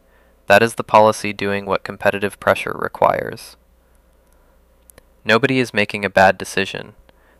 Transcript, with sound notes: That is the policy doing what competitive pressure requires. [pause] Nobody is making a bad decision.